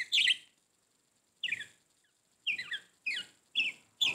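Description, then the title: Budgerigar chirps: an opening call, then after a pause several short descending notes. "Budgie Sounds"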